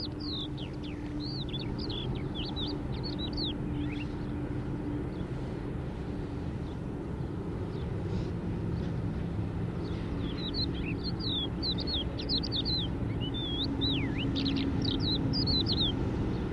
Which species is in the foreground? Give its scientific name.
Galerida cristata